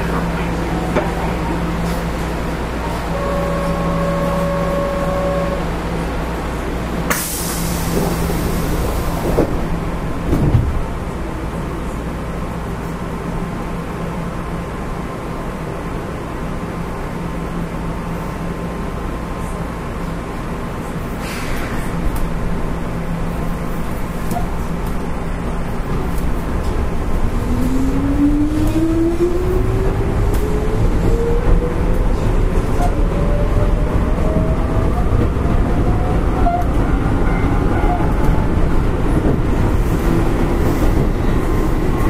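Running noise aboard a Keihan Electric Railway 5000 series semi express train, a steady low rumble throughout. Near the start a brief tone and a short hiss-like burst pass; after about 27 seconds a motor whine rises steadily in pitch as the train accelerates.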